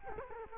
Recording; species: mosquito wingbeat signal from an infrared sensor; Culex quinquefasciatus